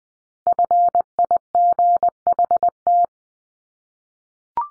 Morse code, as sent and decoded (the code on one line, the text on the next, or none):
..-. .. --. .... -
FIGHT